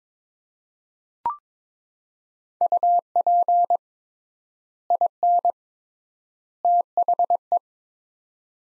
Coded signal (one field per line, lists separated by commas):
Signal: Morse code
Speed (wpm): 22 wpm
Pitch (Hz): 700 Hz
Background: none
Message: UP IN THE